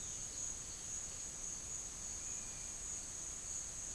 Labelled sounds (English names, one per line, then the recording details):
none
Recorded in pastures near Puerto Asís, Putumayo, Colombia, on 25 June 2025 at 11:30
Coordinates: 0.466, -76.322
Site GP07